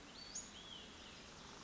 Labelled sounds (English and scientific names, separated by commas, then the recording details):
Western Flycatcher (Empidonax difficilis)
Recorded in Sonoma County, California